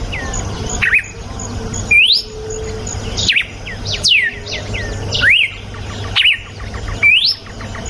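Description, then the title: Red-cowled cardinal song of clear whistled phrases, rising slurs and falling swoops repeated several times, with other small birds chirping and a low hum. Female; natural song. "Canto Galo Campina Fêmea. GALO DE CAMPINA CANTO NATURAL. galo de campina cantando. canto de galo de campina"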